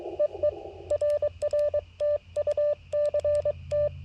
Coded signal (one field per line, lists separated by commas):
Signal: Morse code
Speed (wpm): 22 wpm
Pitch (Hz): 590 Hz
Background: radio noise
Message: EE RR TU CT